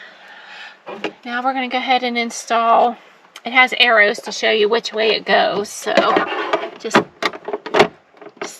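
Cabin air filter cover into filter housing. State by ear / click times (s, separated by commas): seated / 8.4 s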